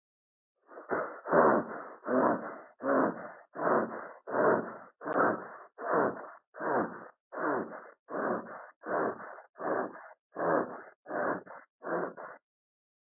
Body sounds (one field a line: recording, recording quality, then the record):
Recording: shallow breathing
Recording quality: excellent, no background noise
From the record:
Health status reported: healthy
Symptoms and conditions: none ticked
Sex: male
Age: 37 years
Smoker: not ticked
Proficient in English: yes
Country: India